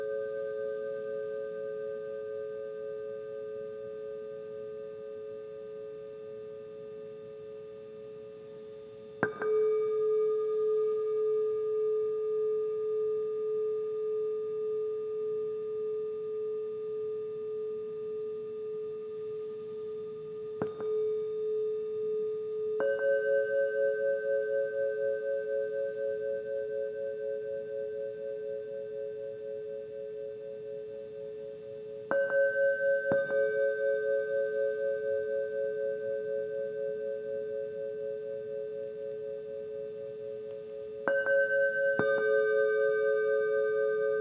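Crystal and Tibetan bowls ring out in long, pure sustained tones, each struck again roughly every ten seconds at about 9, 20, 23, 32 and 41 seconds. Every strike blooms and then slowly fades, leaving a steady, shimmering hum with a low wavering undertone beneath.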